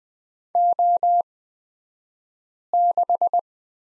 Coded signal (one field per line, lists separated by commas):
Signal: Morse code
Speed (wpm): 20 wpm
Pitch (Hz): 700 Hz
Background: none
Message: O6